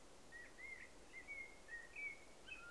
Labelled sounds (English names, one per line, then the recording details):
Common Blackbird
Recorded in Germany
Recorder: ecoPi